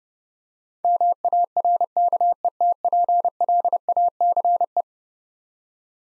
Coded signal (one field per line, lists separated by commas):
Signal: Morse code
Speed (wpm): 30 wpm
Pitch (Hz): 700 Hz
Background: none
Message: MARKETPLACE